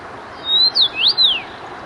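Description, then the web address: Common rosefinch song: a short whistled phrase of four slurred notes that rise and fall, over a steady background hiss. Zakole Wawerskie, Warsaw. "zakole-wawerskie nagrania dziwonia"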